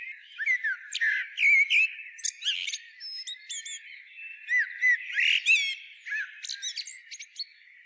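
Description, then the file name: Common blackbird, repeated short fluted whistles interleaved with high, slurred squeaky notes throughout. "Turdus merula"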